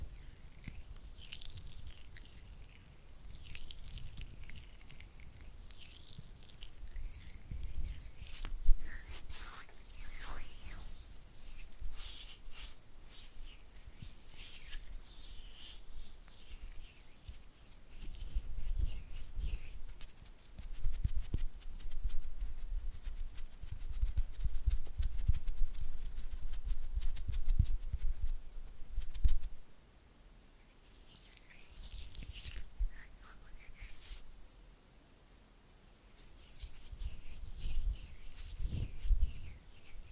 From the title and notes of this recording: ASMR Oily Hand and Flutter Finger Sounds (No Talking).